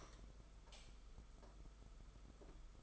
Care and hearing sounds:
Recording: daily activity, microphone in the room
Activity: light on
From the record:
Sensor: 5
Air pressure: 991.2 hPa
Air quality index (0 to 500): 106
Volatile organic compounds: 22 ppm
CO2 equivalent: 2744 ppm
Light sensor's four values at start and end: 18/42/17/19 and 19/48/19/21

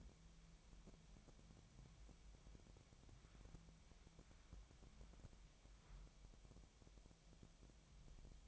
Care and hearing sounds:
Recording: daily activity, microphone in the room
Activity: wipe stove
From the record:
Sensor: 1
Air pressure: 1007.1 hPa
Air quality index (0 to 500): 204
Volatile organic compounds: 22 ppm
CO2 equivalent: 2751 ppm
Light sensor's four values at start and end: 13/33/13/15 and 13/33/13/15

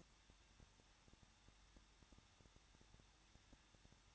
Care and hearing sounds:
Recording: daily activity, microphone in the room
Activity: no activity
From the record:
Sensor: 3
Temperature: 21.2 degrees Celsius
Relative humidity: 36.3%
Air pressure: 1006.3 hPa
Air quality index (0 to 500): 222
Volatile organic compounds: 41 ppm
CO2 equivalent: 3167 ppm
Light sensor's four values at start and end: 2/3/2/2 and 2/3/2/2

